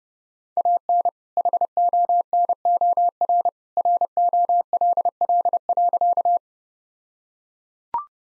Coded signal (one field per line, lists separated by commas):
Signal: Morse code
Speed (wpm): 30 wpm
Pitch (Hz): 700 Hz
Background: none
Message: AN HONOR ROLL.